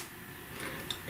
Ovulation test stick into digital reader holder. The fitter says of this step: click it in here hear that and then it gives you that little thing tell me that it's engaged